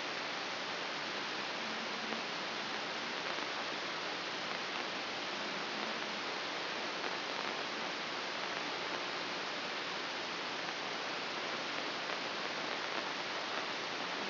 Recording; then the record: brain microelectrode recording played as sound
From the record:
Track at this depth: inside the subthalamic nucleus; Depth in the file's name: 3.426 mm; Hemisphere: left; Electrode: 3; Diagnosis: Parkinson's disease